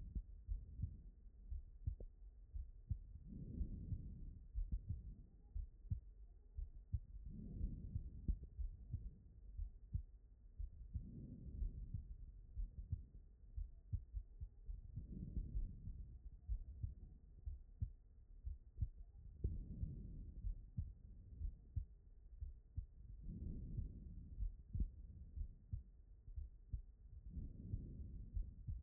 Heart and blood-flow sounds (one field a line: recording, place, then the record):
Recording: heart sounds by stethoscope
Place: aortic valve (AV)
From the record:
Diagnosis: non-HFrEF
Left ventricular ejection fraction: 60%